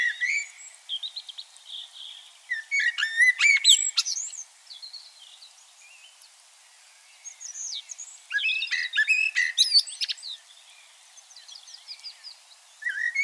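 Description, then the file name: Common blackbird song with varied whistled and chattering phrases, jumbled high notes and quick scratchy elements, in bursts separated by a few seconds of quiet. "Turdus merula"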